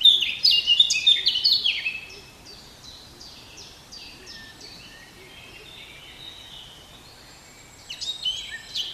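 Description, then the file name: Eurasian blackcap song: a rapid burst of varied warbling and scratchy notes for about two seconds, then quiet, with another short phrase starting near the end. "Sylvia atricapilla"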